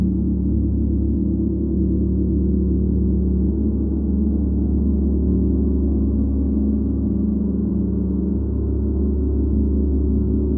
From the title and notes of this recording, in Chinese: 希塔銅鑼浴45分鐘。